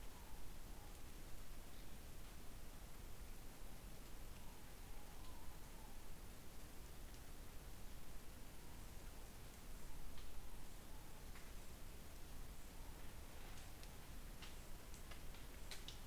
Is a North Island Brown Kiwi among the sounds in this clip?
no